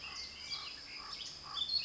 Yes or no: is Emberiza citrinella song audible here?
no